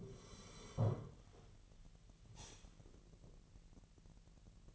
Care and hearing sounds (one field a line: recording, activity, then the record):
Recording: daily activity, microphone in the room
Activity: sit down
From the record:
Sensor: 4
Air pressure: 1002.7 hPa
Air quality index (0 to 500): 249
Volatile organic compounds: 33 ppm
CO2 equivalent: 3020 ppm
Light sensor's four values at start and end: 10/24/10/10 and 10/24/10/10